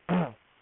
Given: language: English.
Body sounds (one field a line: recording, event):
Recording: throat vibration sensor signal played as sound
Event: throat clearing